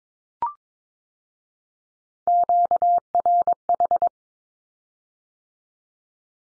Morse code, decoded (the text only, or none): QRH